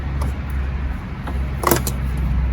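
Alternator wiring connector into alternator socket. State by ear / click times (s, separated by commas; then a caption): seated / 1.7 s. The electrical wiring connector is pushed back onto the reinstalled alternator of a 2006–2008 Ford Ranger 3.0 over a steady low hum. A few lighter ticks occur, then a sharp double click at 1.7 s and 1.7 s as the plug clicks in and is seated.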